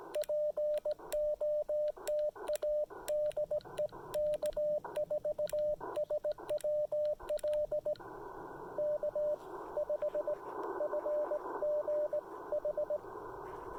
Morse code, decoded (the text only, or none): POTA DE K4SWL K5FGH